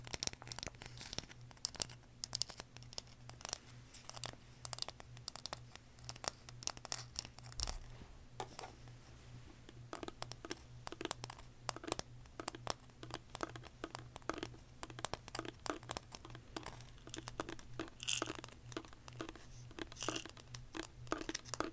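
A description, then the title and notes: Dense, irregular tapping and crinkly clicks sound, with a steady low hum running underneath throughout. ASMR Tapping For Sleep (No Talking).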